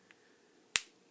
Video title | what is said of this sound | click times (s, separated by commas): Fly Tying 101: Lesson 2, The Bobbin | you can hear it snap in you know it's in and it rotates and then you take the uh | 0.8 s